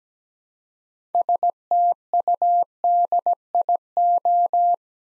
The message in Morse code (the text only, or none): STUDIO